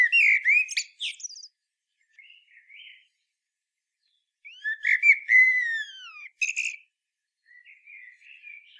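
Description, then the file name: Common blackbird song: mellow fluted whistled phrases ending in high squeaky twitters, delivered in two main bursts separated by a pause, with a softer warble at the end. "chant merle noir"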